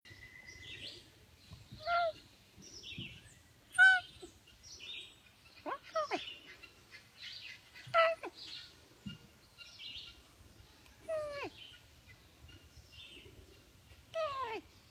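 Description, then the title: Lynx calls: short descending mewing chirps, sliding downward, given every few seconds with quieter scattered chirps between them. Lynx vocalizing in the morning, described as a sweet conversation. "Kahona, the Lynx, having a sweet conversation this morning!"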